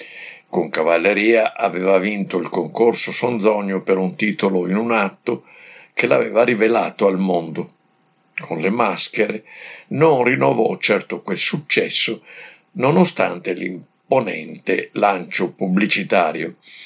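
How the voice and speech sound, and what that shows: An adult man narrates fluently in Italian at a steady, ordinary pace with natural pauses; typical speech.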